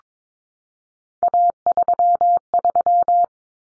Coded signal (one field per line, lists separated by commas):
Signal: Morse code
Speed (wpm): 22 wpm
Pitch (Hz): 700 Hz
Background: none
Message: A33